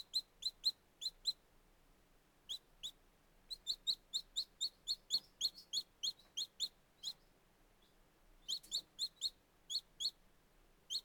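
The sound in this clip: Very young chicken chicks giving shrill repeated peeps, quick clusters of high cheeps with brief pauses between runs.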